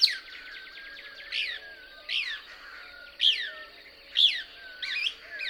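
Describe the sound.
Couch's Kingbird calls: repeated sharp high notes over a steady twittering background.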